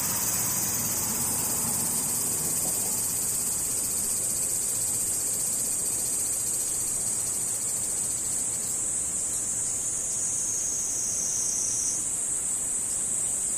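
A cicada drones without pause, a dense, high, hissing buzz that holds steady for the whole stretch, with a slight drop in its pitch near the twelfth second. Faint low rumble sits underneath, and a soft murmur fades out within the first three seconds.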